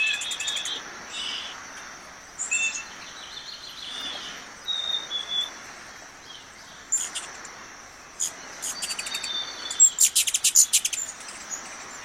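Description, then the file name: Ruby-throated hummingbird giving sharp high chips and brief rapid buzzy chatters in scattered bursts, over a steady high insect hum. "Canto do beija flor da garganta vermelha"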